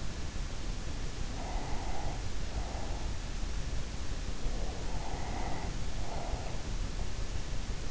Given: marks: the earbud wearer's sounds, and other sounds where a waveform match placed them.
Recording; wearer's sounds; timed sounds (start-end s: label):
sounds in sleep by an in-ear microphone; breath
1.19-3.54 s: breath
4.56-6.97 s: breath